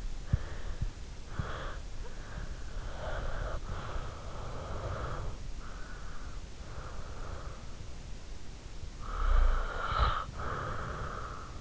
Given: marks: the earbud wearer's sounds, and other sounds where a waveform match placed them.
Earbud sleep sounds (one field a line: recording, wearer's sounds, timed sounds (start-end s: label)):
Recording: sounds in sleep by an in-ear microphone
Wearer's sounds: breath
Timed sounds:
0.00-7.56 s: breath
8.75-11.61 s: breath